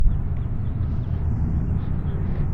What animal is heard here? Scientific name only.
Haemorhous mexicanus